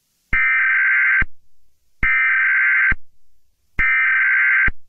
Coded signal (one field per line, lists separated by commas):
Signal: Emergency Alert System (SAME) tones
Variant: header bursts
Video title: EAS Scenario 1: Red Mist (Squidward Creepypasta) (100 subscriber special)